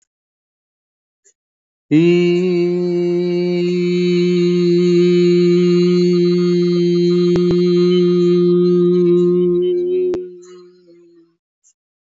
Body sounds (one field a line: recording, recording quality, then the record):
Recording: sustained vowel as in beet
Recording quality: excellent, no background noise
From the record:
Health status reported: exposed to COVID-19, no respiratory illness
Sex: male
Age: 45 years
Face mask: not worn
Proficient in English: yes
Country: India